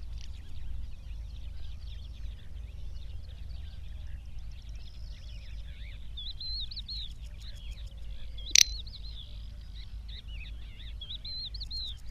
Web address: Gallina prataiola